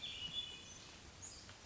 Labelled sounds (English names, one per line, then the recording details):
Hermit Thrush
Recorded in Sonoma County, California